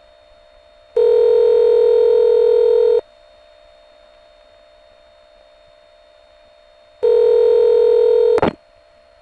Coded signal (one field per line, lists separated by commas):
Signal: telephone call progress tone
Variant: North America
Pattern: ringback tone